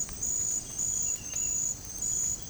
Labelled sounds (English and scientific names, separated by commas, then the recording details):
none
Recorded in dense forest near Puerto Asís, Putumayo, Colombia, on 30 June 2025 at 06:00
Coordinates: 0.503, -76.323
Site G059